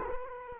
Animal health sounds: mosquito wingbeat signal from an infrared sensor; Culex quinquefasciatus

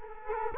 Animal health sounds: mosquito wingbeat signal from an infrared sensor; Culex quinquefasciatus

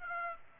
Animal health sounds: mosquito wingbeat signal from an infrared sensor; Aedes aegypti

